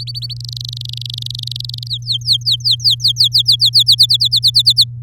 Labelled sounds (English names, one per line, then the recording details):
Domestic Canary song
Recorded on 9 May 2018 at 08:49
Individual llb16